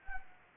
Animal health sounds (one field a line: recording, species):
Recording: mosquito wingbeat signal from an infrared sensor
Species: Anopheles arabiensis